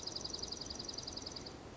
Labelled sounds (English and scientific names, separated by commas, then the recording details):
Dark-eyed Junco (Junco hyemalis)
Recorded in Sonoma County, California